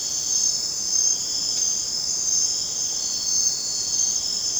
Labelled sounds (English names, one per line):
none